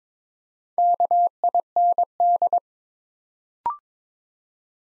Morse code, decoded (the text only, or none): KIND